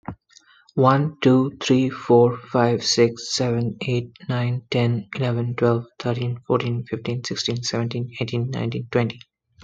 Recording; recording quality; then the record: counting at a fast pace; excellent, no background noise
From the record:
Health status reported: healthy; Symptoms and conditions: hypertension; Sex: male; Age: 35 years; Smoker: yes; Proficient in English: yes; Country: United States